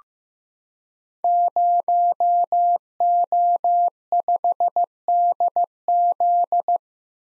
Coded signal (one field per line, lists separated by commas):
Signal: Morse code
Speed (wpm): 15 wpm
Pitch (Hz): 700 Hz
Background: none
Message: 0O5DZ